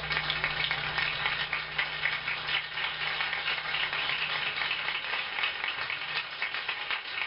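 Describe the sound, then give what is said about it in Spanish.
Sustained audience applause, a dense, steady crackle of many hands clapping for about seven seconds at an even, fairly loud level, with a faint low hum underneath for most of it. Nobody speaks. The audience is applauding themselves. “Y ahora te pido un fuerte aplauso para vos.”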